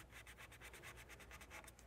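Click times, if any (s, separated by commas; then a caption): none. A threaded plastic oil filter cap on the engine oil filter housing of a 2018–2021 Volkswagen Tiguan is turned by hand toward its locking tab. Repeated dry rubbing strokes are heard, with short scraping bursts at about 0.3, 0.7, 1.3 and 1.8 seconds. The cap has not snapped or clicked into place yet.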